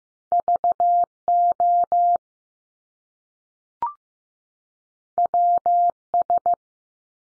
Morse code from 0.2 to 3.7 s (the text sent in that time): V O